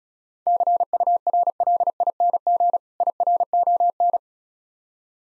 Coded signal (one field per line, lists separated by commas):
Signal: Morse code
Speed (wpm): 36 wpm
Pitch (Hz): 700 Hz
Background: none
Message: CURLING IRON